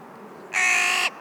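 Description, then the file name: Carrion crow uttering a single rough, drawn-out caw lasting about half a second, with quiet background otherwise. "Corvus corone"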